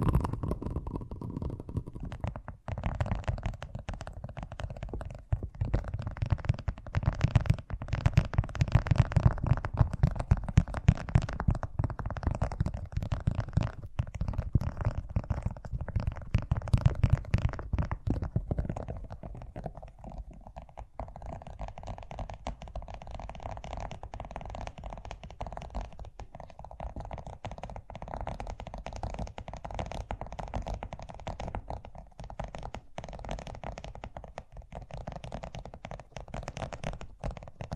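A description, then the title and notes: Fast tapping runs the whole time as a dense, rapid patter of small hits, heavy and low with a rumbling quality. It is loudest for the first twenty seconds, then eases to a softer, thinner and steadier rattle until the end. ASMR Braingasm Inducing Fast Tapping (No Talking).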